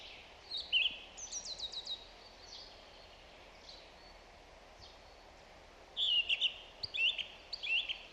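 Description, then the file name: Song thrush singing: a quick run of high rattling notes early on, a pause, then loud repeated whistled phrases near the end, with steady hiss. "Zanglijster Turdus philomelos"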